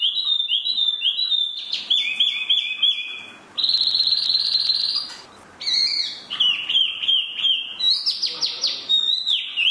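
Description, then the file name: Chinese hwamei delivering quick whistled notes, a harsh buzzy trill, then rich looping whistles rising and falling. "hwamei mini"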